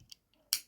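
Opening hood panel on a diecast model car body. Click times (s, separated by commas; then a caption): 0.5 s. The opening hood, or engine cover, of a 1:64-scale diecast metal and plastic model car is closed and snaps back into place. Two faint ticks at about 0.1 s and 0.3 s lead up to a sharp, loud snap at 0.5 s as the hood seats.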